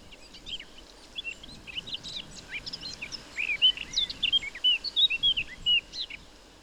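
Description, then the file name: Eurasian blackcap song over background hiss: faint scratchy chatter builds into a short series of clearer whistled notes near the end. "Sylvia atricapilla"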